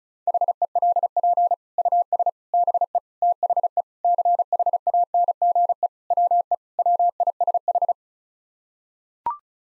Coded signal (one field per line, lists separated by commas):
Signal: Morse code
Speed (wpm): 36 wpm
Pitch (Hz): 700 Hz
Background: none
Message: HELP US BE THE CHANGE WE WISH